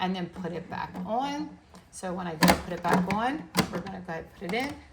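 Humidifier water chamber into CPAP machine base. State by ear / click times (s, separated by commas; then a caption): not seated / none. A plastic humidifier water chamber is being handled and put back onto a LUNA CPAP/BiPAP machine base while someone talks, with a few soft handling knocks around 2.5 s and 3.6 s. Nothing has seated or clicked yet; the chamber is not locked into place by the end of the clip.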